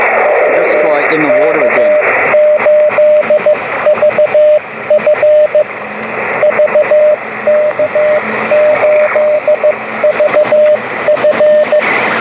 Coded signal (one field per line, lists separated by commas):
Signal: Morse code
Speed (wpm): 15 wpm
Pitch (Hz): 600 Hz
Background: speech, radio noise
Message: VK8VF VK8VF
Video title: 28 MHz Wadetenna beam on the beach